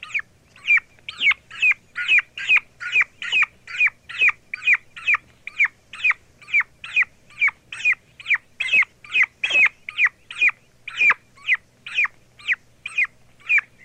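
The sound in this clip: Turkey chicks peep continuously, giving sharp, high, downward-slurred notes at a brisk, fairly even pace, about two a second.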